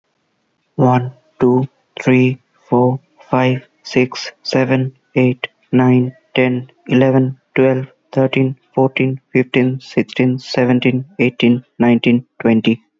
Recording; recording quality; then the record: counting at a normal pace; moderate, slight background noise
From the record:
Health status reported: healthy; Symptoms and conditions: none ticked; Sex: male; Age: 28 years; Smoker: not ticked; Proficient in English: yes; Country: India